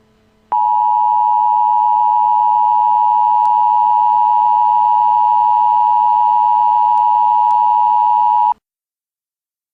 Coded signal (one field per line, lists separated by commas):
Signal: Emergency Alert System (SAME) tones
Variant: 853 and 960 Hz attention tone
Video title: EAS in Games: "World in Conflict"